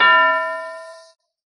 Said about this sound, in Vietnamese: Một tiếng chuông lại vang lên, một vòng bạch sắc khí lãng tùy theo tiếng chuông mà dũng mãnh tuôn ra hướng về phía mấy mươi khẩu phi kiếm cuốn tới.